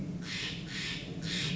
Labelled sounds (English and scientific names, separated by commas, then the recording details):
Steller's Jay (Cyanocitta stelleri)
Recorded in Sonoma County, California